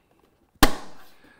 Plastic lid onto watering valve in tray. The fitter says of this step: and snapped into place and there you have the the tray to grow all set up and ready to use